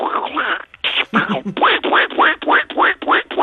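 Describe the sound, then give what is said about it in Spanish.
A person's voice imitates Donald Duck, producing a fast string of raspy, nasal quacking syllables that rise and fall in pitch, loud and without pause for a few seconds. “Bueno, yo te voy a proponer, que yo sé que algunos personajes los imitas muy bien, a ver qué tal el Pato Donald, cómo se te da.”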